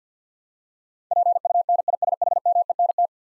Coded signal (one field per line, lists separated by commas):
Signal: Morse code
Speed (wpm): 50 wpm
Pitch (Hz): 700 Hz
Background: none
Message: PUNISHMENT